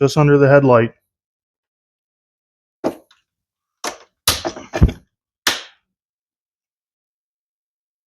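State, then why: Seated. Someone talks briefly, then a plastic side fairing panel on a Yamaha R7 motorcycle is slid back into the front fairing just under the headlight and its top section is pressed in before any hardware goes on. After a few soft plastic knocks, two sharp slap-like snaps ring out at 4.3 s and 5.5 s as the panel seats firmly in place.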